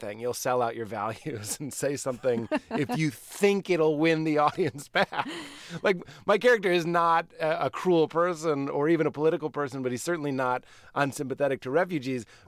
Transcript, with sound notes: You'll sell out your values and say something...
(Laughter).
...If you think it'll win the audience back (laughter). Like, my character is not a cruel person or even a political person, but he's certainly not unsympathetic to refugees.